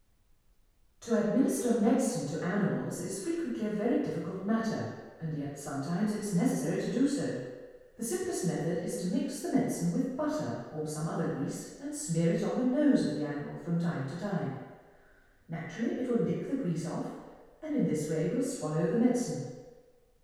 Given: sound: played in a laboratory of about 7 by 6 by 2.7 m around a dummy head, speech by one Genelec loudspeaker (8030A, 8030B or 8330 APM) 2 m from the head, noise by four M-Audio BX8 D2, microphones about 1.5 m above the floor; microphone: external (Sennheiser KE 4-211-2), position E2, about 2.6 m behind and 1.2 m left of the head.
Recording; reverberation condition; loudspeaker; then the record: female speech in English; high; 120 degrees to the right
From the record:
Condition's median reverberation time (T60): about 1300 ms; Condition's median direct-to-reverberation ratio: about -4.0 dB